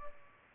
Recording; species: mosquito wingbeat signal from an infrared sensor; Culex pipiens